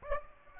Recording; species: mosquito wingbeat signal from an infrared sensor; Aedes aegypti